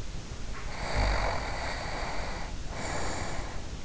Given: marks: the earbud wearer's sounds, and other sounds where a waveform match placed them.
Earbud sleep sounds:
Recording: sounds in sleep by an in-ear microphone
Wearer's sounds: snoring breath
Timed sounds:
0.56-3.68 s: snoring breath

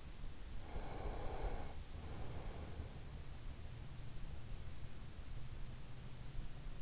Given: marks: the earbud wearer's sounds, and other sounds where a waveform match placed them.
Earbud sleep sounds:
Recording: sounds in sleep by an in-ear microphone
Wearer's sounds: breath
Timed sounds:
0.51-3.18 s: breath

